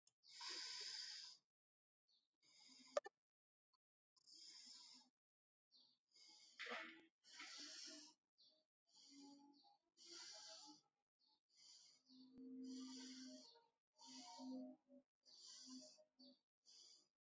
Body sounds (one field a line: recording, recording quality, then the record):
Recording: deep breathing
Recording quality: excellent, no background noise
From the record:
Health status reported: exposed to COVID-19, no respiratory illness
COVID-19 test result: negative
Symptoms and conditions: cough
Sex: male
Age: 48 years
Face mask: not worn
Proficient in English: yes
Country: India